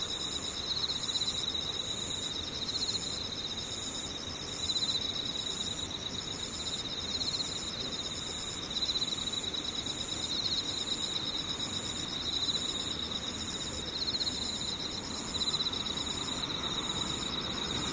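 Insects chirring in a steady, dense chorus. A high, pulsing trill repeats in regular waves about every two seconds, with a shriller layer shimmering above it. Underneath runs a constant low rumbling hiss, and the overall level stays nearly flat throughout.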